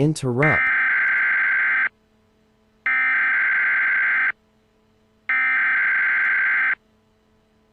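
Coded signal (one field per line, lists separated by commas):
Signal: Emergency Alert System (SAME) tones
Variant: header bursts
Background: speech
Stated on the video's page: Self-made fictional EAS scenario; the alert is simulated.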